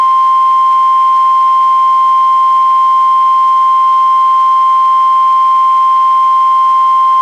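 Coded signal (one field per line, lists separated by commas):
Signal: Emergency Alert System (SAME) tones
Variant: 1050 Hz attention tone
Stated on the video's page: Required weekly tests from the National Weather Service relayed by a NOAA Weather Radio station, recorded directly from a Reecom R-1630 weather radio into a Zoom H1 recorder.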